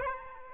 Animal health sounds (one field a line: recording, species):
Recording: mosquito wingbeat signal from an infrared sensor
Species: Aedes aegypti